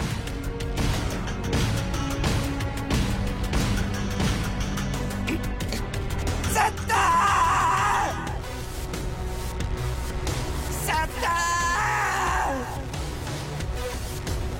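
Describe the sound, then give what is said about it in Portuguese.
A desperate, anguished scream rises in two strained, drawn-out bursts over a loud, dense wall of music, the voice harsh and high-pitched against the steady backing. “Este grito tem uma força incrível, revela um total e absoluto desespero.”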